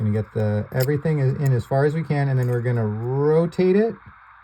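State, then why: Not seated. A contact pin holder is being pushed as far as it will go into a camera power plug housing, ready to be rotated until it drops into its keyway. Someone talks throughout, and there is no distinct click. Nothing has seated or clicked yet.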